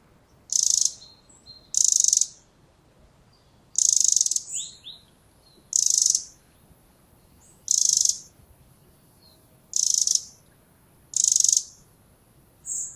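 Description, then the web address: Eurasian wren calls, short harsh high-pitched bursts repeated roughly every one to two seconds, with faint chirps between some of them over a quiet background. "SETE Troglodytes troglodytes"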